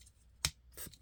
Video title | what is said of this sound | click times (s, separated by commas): Transformers Legacy United Deluxe Animated Universe Bumblebee. | you're going to bring this all the way down like so until you hear it click into place | 0.4 s